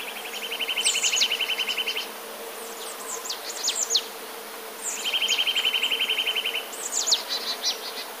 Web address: wroblowe kowalik kowalikispiew